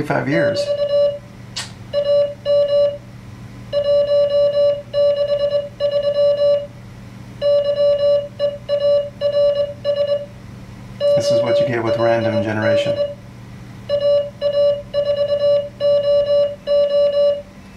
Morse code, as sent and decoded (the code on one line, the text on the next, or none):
-...- / .- -- / .---- -.... ...-- / -.-- . .- .-. ... / --- .-.. -.. / .- .- ....- --- ---
<BT> AM 163 YEARS OLD AA4OO